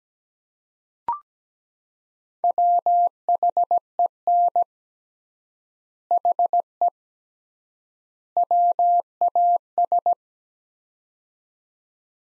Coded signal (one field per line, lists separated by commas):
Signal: Morse code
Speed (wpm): 17 wpm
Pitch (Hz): 700 Hz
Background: none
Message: WHEN HE WAS